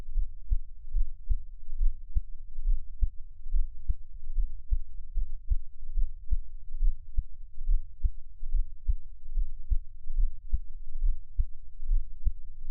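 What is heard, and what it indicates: Soft, low, muffled thumps repeat steadily at about 70 beats a minute over a faint low hum. It is the creator's own adult heartbeat, heard up close as a Taiwanese ASMR piece, with no talking.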